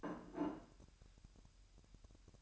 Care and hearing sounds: daily activity, microphone in the room; place plate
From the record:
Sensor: 2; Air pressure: 1001.9 hPa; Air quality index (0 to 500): 250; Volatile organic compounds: 41 ppm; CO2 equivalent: 3160 ppm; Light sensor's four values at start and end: 8/28/11/10 and 8/28/11/10

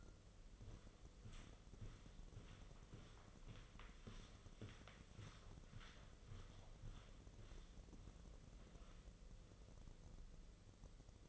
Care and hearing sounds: daily activity, microphone in the room; walk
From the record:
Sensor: 4

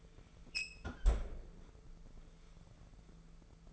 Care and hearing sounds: daily activity, microphone in the room; close fridge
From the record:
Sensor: 5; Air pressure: 1015.1 hPa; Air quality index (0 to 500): 183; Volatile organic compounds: 7 ppm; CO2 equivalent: 2011 ppm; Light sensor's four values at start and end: 51/119/49/52 and 48/110/46/48

